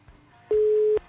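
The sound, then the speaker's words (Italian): A telephone busy tone sounds once as a phone call goes unanswered: a single loud, steady mid-pitched beep lasting about half a second, preceded by a faint low background murmur. “Se almeno risponde al telefono, la convocazione era per le 17:05 in punto.”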